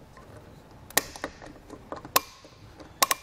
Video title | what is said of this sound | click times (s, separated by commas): 2016 Mini Cooper Fit Kit for Thule Evo Clamp and Edge Clamp Roof Rack Feet: Complete Installation | this tool is gonna let us to know when it's fully tightened down by giving us a couple of audible clicks just like that | 1.0 s, 2.2 s, 3.0 s